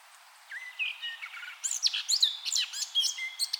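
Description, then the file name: Eurasian blackcap song: soft, scratchy low warbling that breaks into a rapid run of loud, high, varied whistled notes. "Sylvia atricapilla"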